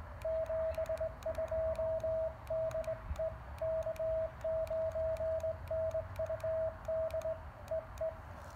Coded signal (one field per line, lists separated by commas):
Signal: Morse code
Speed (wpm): 18 wpm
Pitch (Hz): 660 Hz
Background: radio noise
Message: 72 DE K9NUD EE